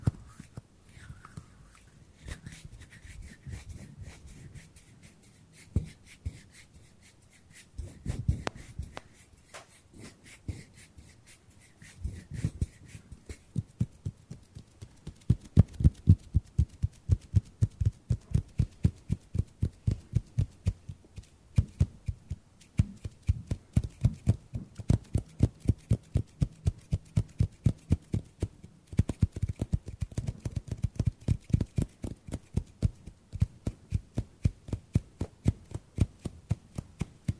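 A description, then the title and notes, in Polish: ASMR hand sounds: soft, dull taps and pats with crisp clicky edges. For the first thirteen seconds the taps are sparse and quiet over a faint steady high whine; from about fifteen seconds they turn louder and come in quick, fairly regular runs. ASMR DŹWIĘKI DŁONI 40 MINUT! 50+ DŹWIĘKÓW.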